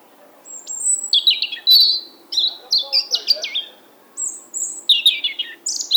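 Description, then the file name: European robin singing a varied, liquid phrase of high whistles, trills and tumbling notes, pausing briefly before another sweet, jangling burst. "Erithacus rubecula"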